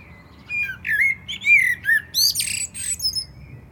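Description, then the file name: Common blackbird song: a few fluty warbled notes that slide and wobble, then a burst of high, squeaky twittering. "Turdus merula"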